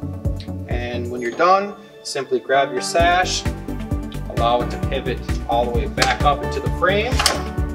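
Someone talks over background music while handling the top sash of a Vector Windows double-hung window, pivoting it back up toward the frame. A few soft handling knocks are heard, but nothing has seated or clicked yet; the tilt latches have not engaged by the end.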